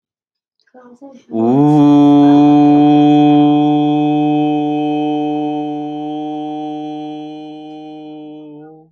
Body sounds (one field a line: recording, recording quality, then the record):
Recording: sustained vowel as in boot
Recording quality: excellent, no background noise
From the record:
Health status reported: healthy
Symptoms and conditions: none ticked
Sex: male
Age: 37 years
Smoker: yes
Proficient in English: yes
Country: India